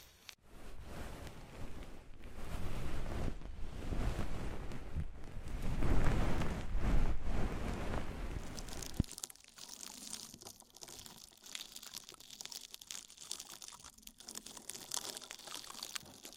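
An ear massage with oil and foam: for the first nine seconds a dense, rushing rub builds to a heavy, booming peak around six to eight seconds. Then it cuts abruptly to a quieter, brighter fizzing crackle full of small rapid ticks and pops.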